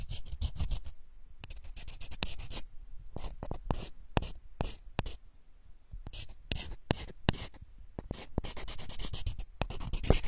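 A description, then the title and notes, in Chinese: Macadamia nuts make sharp, dry clicks and scratchy rattles that arrive in quick clusters, with brief quieter gaps between bursts. The crisp ticks come irregularly but densely through the whole clip, over a faint low rumble, and grow a little louder near the end. 夏威夷坚果好听的声音。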